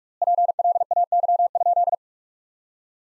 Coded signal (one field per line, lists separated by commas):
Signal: Morse code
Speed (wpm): 42 wpm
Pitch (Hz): 700 Hz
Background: none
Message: PLAY?